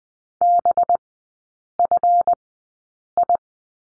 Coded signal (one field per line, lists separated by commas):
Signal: Morse code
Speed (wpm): 20 wpm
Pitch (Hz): 700 Hz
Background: none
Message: BFI